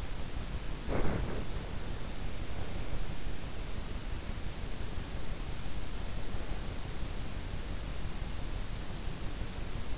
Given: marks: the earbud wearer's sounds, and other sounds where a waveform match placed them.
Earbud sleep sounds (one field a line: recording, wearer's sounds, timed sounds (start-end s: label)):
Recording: sounds in sleep by an in-ear microphone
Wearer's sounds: body movement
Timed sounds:
0.00-3.55 s: body movement